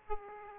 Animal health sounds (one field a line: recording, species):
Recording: mosquito wingbeat signal from an infrared sensor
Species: Aedes aegypti